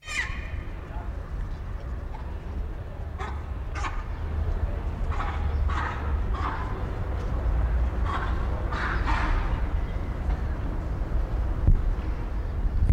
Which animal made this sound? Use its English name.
Hamadryas Baboon